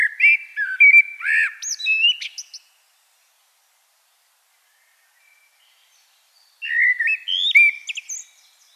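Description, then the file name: Common blackbird song, a rich warbling phrase closing with squeaky high twitter, then quiet, then another similar phrase about four seconds later. "Turdus merula"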